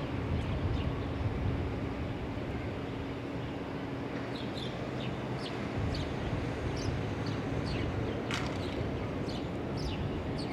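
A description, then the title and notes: Steady low city rumble from a Brooklyn roof, with a faint hum and scattered bright bird chirps from about four seconds onward. Ext, Brooklyn Roof.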